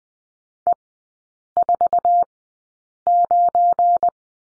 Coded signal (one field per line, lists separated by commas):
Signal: Morse code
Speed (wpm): 20 wpm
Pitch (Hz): 700 Hz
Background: none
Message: E49